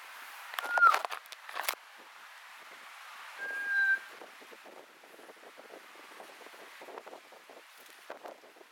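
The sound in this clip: Kōkako song: a brief curling whistle among rustling, then a longer smooth, level note, with rustling after.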